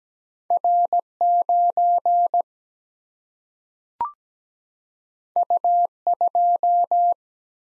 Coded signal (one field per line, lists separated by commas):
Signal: Morse code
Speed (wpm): 17 wpm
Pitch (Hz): 700 Hz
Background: none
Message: R 9 U 2